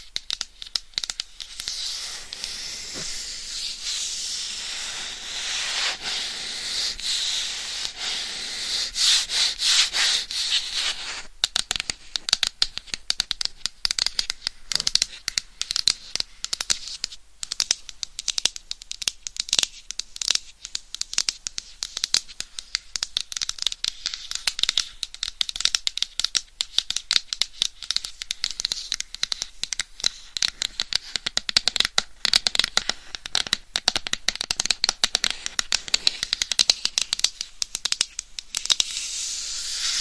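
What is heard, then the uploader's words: Scratching and tapping with no voice, bright and crisp, sitting mostly in the upper range. The first ten seconds are a smoother, steadier rasp; after that the sounds break into dense, rapid, irregular scratches and clicks that continue to the end. ASMR Scratching & Tapping for People with Short Attention Span ASMR for ADHD - No Talking.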